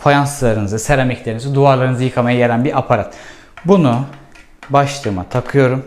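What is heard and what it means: A man talks while handling a window and tile washing attachment for an İhlas Aura CleanMax cleaning robot, bringing it to the robot's nozzle head to fit it on. Only speech is heard, with no sudden sounds. Nothing has seated or clicked yet.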